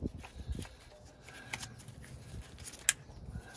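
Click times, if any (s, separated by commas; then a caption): 2.9 s. A wiring harness connector is pushed onto the new plastic-bodied front differential 4WD actuator on a 2007 Dodge Ram 1500. Low rustling and a few faint taps lead up to one sharp, bright click at 2.9 s as the plug latches. The connector is seated, clicked in nice and tight.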